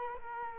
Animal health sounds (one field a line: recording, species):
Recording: mosquito wingbeat signal from an infrared sensor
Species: Culex quinquefasciatus